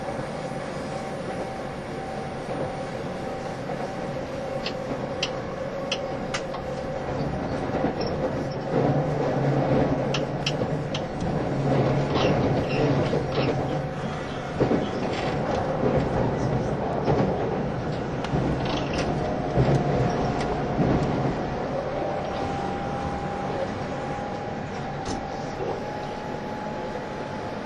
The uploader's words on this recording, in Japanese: E351系 Sあずさ18号03 八王子～新宿。全車引退したJR東日本唯一の振り子式車両であったE351系、速達運用だったSあずさを収録したものです。